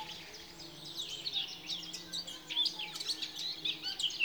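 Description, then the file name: Eurasian blackcap, fast varied warbling of high twittering notes running almost unbroken throughout, with a faint low hum beneath. "Sylvia atricapilla"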